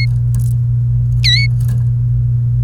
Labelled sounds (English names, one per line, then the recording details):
Domestic Canary song
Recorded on 28 April 2018 at 09:55
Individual llb3